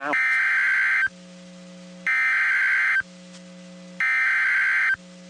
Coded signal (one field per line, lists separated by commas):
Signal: Emergency Alert System (SAME) tones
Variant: header bursts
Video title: Two Severe Thunderstorm Warnings (EAS 2407 & 2408) Double Header